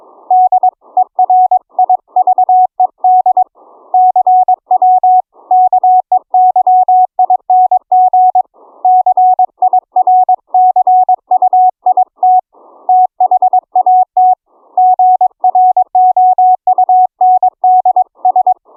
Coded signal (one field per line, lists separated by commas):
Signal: Morse code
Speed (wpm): 22 wpm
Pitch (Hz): 740 Hz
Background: none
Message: DERIVED CW KEYING CIRCUIT THAT GROUNDS